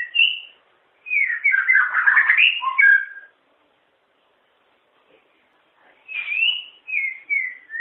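Long-tailed shrike song: a dense warbled phrase of mixed whistles and chatter, a long silence, then descending whistled notes.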